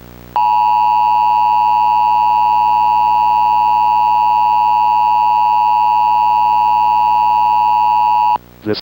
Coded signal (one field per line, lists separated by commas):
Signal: Emergency Alert System (SAME) tones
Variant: 853 and 960 Hz attention tone